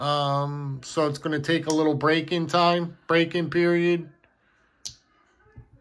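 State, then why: Seated. Someone talks for about four seconds. Then the blade of a brand-new GEC #47 Viper slip-joint pocket knife is worked, and it snaps into its half-stop detent with a sharp click at 4.9 s. The blade seats in the half stop with no problem.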